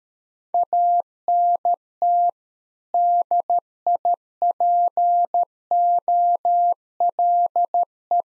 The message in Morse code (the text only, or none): ANT DIPOLE